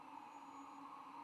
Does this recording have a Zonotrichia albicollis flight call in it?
no